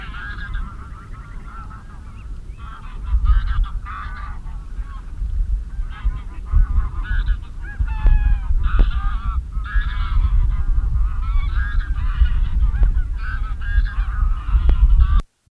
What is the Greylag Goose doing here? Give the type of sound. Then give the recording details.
call. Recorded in the wild. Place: Zicker, Insel Rügen, Mecklenburg-Vorpommern, DE. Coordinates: 54.296, 13.683. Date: 1971-09-08 19:30. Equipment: Nagra III BH, Sennheiser MD 21, parabola. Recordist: Schubert, Michael